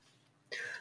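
A woman coughs once. She is taking cough syrup.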